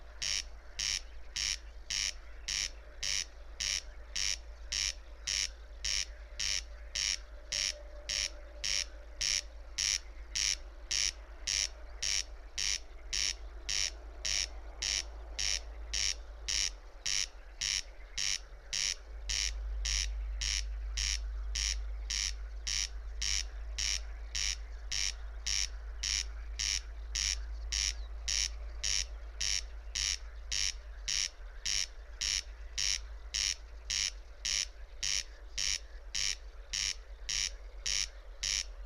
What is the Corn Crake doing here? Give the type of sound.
song